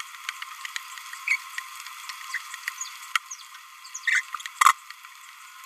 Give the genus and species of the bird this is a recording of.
Forpus passerinus